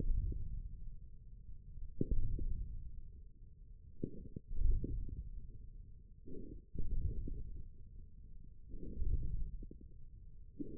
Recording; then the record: forearm muscle sounds (acoustic myography)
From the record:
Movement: ulnar deviation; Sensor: system 1, eight BSWA MPA416 microphones around the upper forearm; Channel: 7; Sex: male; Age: 41 years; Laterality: right